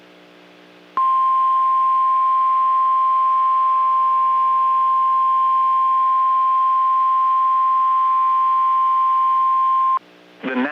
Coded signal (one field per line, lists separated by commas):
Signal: Emergency Alert System (SAME) tones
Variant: 1050 Hz attention tone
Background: speech